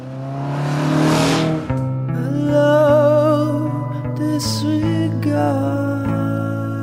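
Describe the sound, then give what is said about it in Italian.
A sports car engine, with James Dean at the wheel heading toward Salinas for a race, revs hard and accelerates through several gear shifts, its deep throaty roar rising and dropping in pitch with each change, loud and continuous with no voices. “James Dean si mette al volante, accelera e si dirige verso l'ultimo bivio.”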